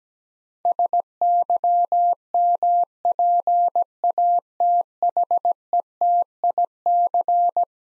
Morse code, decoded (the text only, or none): SYMPATHETIC